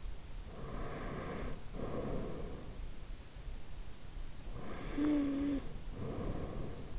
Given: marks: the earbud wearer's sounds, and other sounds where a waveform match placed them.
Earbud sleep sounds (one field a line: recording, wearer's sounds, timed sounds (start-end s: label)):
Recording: sounds in sleep by an in-ear microphone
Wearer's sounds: breath, snoring breath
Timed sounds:
0.34-2.91 s: breath
4.43-6.99 s: snoring breath